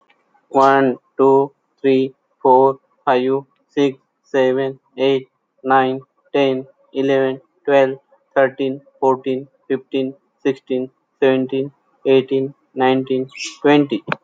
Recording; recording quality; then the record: counting at a normal pace; excellent, no background noise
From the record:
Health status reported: healthy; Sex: male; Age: 46 years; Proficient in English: yes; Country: India